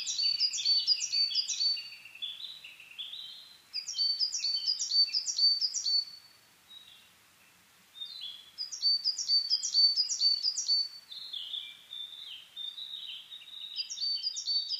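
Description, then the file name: Coal tit giving rapid high bursts of repeated short descending notes, with lower sliding notes between bursts. Recorded 22 May 2010 at 17:41, Japan. "higara-20100522-1741"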